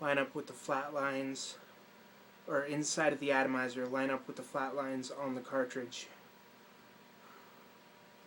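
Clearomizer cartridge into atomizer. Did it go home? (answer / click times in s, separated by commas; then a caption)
no / none. Someone talks while lining up the flat faces of a CE5 clearomizer cartridge with the flat faces inside an eGo-T atomizer before pushing it home. Speech runs from about 0.0 to 1.4 s and 2.5 to 6.0 s, then only a quiet, steady background remains. The cartridge has not seated or clicked yet.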